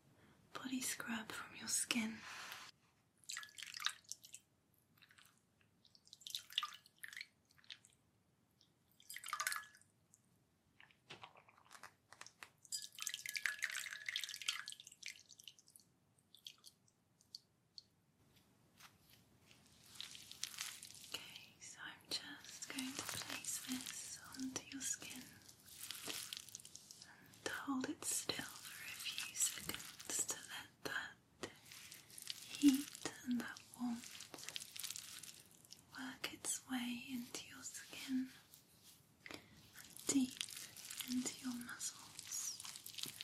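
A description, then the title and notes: Massage sounds: sparse bursts of hands rubbing skin at first, then from about twenty seconds steadier, wetter strokes with soft squelches. TimASMR-Blissful Full Body Massage & Spa Treatment.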